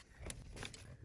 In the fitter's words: So it just snaps back in place, and I left the wire coming out of the top